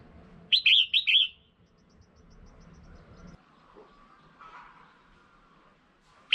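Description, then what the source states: Red-whiskered bulbul giving a rapid burst of four bright, sharp chirps, then a single chirp several seconds later, with faint background sounds. Female.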